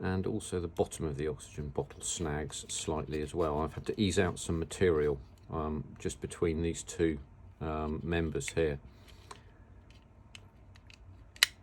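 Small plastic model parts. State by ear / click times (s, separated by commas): seated / 11.4 s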